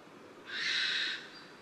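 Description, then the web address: Maroon oriole making a single drawn-out, rasping, nasal call of under a second. Recorded at Yushan, Taiwan. "朱鸝 Yushan"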